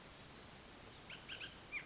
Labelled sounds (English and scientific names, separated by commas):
Bullock's Oriole (Icterus bullockii)